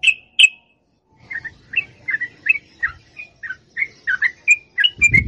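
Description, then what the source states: Yellow-vented bulbul singing a string of separate clear chirps and short whistled notes, about three per second, after two opening notes. Masteran song with long ropel (extended chattering).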